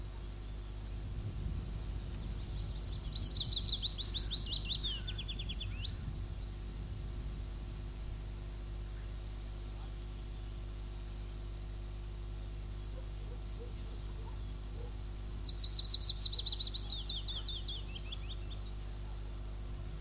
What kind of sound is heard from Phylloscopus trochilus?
song